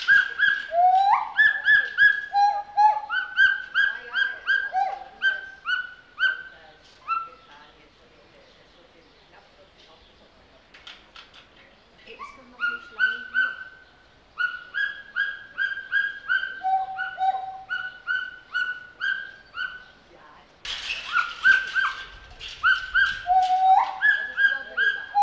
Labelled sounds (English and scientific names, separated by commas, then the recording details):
Pileated Gibbon (Hylobates pileatus)
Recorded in captivity
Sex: male
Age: adult
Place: Zoo Berlin, Berlin, DE
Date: 1988-05-28 10:15
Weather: sonnig, schwül, 20-26°C
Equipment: 19 cm Stereo
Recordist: Tembrock, Günter